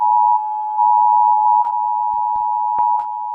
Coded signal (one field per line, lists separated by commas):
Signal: Emergency Alert System (SAME) tones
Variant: 853 and 960 Hz attention tone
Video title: Mr incredible becoming uncanny: you hear this eas alarm pt.4